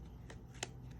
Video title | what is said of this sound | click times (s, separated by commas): Words of Cheer Bundle - Stampin’ Up! - Happy Christmas Poinsettia Card - Inky Hands Warm Hearts | So now when I open and close it, it's going to click into place because the magnet has found its friend. | 0.6 s